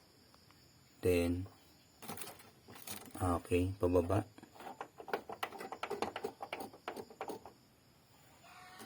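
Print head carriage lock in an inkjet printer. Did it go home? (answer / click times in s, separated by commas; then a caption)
no / none. In an Epson L3110/L3210/L3250/L5190-series inkjet printer, someone turns the gear to lock the print head carriage and then pushes it down several times. Short, sharp plastic taps and knocks are heard among bursts of talking. The print head lock has not engaged or clicked yet, because the mechanism was moved.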